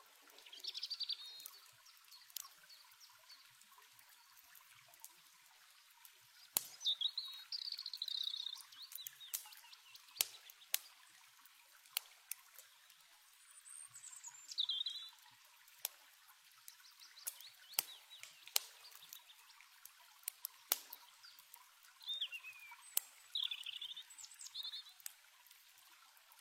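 A campfire crackles beside a quiet stream, with sharp pops and snaps arriving irregularly every second or so. Bright bird chirps break in near the start, around seven and fifteen seconds, and again late. Underneath runs a soft, thin hiss of flowing water.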